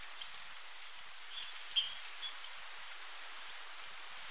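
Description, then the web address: Violet-tailed sylph giving high, buzzy chattering calls in short rattled bursts, about seven bursts over four seconds, with a few fainter thin notes between. Recorded in Ecuador. "Birds of Ecuador. Violet-tailed Sylph"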